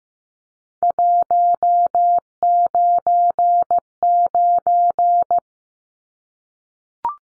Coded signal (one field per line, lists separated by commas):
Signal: Morse code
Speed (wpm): 15 wpm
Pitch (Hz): 700 Hz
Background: none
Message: 199